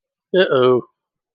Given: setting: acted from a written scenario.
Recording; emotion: vocal sound without words; embarrassment